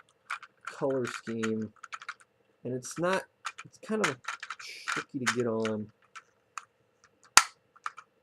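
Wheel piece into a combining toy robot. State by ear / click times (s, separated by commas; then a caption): seated / 7.4 s. Someone talks while lining up the wheel piece of a plastic Turbo Falcon Megazord toy robot and pushing it onto the combined figure, with soft handling clatter as it proves tricky to get on. At 7.4 s the wheel snaps home with a single sharp plastic click, seated in place.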